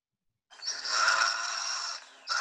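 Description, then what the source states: Fisher giving a harsh, drawn-out raspy scream lasting about a second and a half, followed by a short second burst. Fisher, also called fisher cat; played example, its call heard as creepy.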